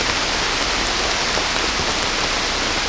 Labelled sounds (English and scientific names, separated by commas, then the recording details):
none
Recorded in secondary vegetation near Puerto Asís, Putumayo, Colombia, on 18 December 2024 at 23:00
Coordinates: 0.500, -76.326
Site G065